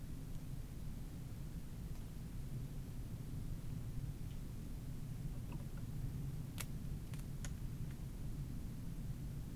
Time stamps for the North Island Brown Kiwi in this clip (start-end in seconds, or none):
none